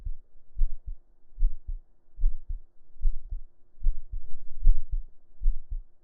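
Steady paired low thumps at about 74 beats a minute, an ordinary adult heartbeat heard with the head laid on the chest under the shirt.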